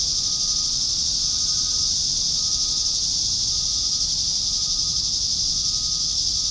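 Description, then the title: Cicadas giving a dense, constant high buzzing wall of sound with a faint thin tone running through and soft low background noise. "neoscenes: cicadas"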